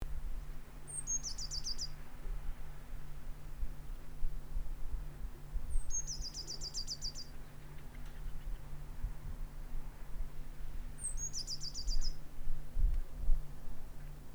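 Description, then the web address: Eurasian blue tit calling: a thin high note followed by a short buzzy trill, given three times about every five seconds over a steady low hum. "SETE data Cyanistes caeruleus"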